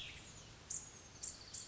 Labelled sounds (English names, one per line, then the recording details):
Cassin's Vireo
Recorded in Sonoma County, California